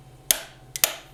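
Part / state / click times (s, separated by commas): torque wrench tightening an insert knife screw in a spiral planer cutterhead / torque reached / 0.3 s, 0.8 s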